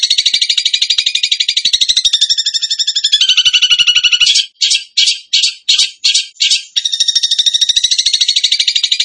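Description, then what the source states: Bird song, a fast, unbroken high trilling chatter that drops slightly in pitch, broken midway by a run of six short loud bursts before the rapid trill returns. Masteran (training recording for songbirds), in the gacor tembakan style.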